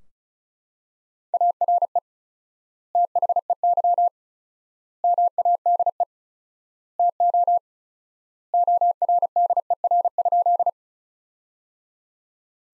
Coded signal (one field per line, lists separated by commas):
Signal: Morse code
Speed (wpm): 34 wpm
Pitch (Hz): 700 Hz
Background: none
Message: ARE THEY MADE TO ORDER?